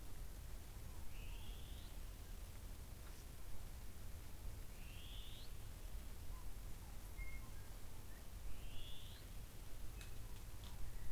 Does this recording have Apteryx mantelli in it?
no